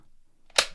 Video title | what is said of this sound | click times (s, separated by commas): How To Use Your Ryobi Drill Like A Pro! - Ryobi Drill Settings Explained | and hear that click. | 0.6 s